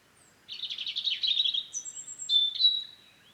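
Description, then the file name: European robin song, a fast high rattling trill followed by long thin sustained whistles, clear against a quiet background. "Erithacus rubecula"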